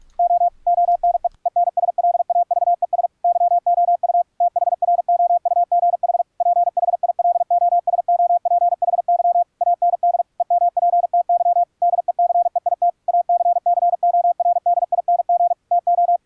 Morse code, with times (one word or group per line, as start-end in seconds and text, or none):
0.2-0.5 O
0.7-1.3 ONE
1.5-3.1 ENSLAVES
3.2-4.2 YOU
4.4-6.2 THROUGH
6.4-9.4 PHILOSOPHY
9.6-10.2 AND
10.4-11.6 EMPTY
11.8-12.9 DECEIT
13.1-15.5 ACCORDING
15.7-16.2 TO